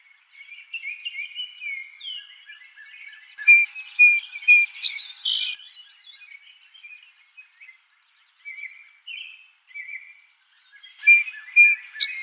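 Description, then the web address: Song Sparrow song with soft warbling notes leading into a loud run of repeated chips and trills, a few scattered notes, then another loud phrase starting. Recorded 4 January 2007. "Song Sparrow 2007 01 04"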